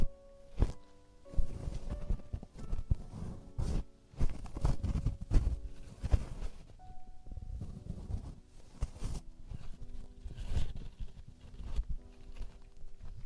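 Traditional Chinese ear cleaning: irregular scraping, rustling and soft knocks come in uneven bursts, with sharper clicks near one, four and nine seconds. Short metallic ringing tones sound now and then, and a low murmur runs underneath throughout.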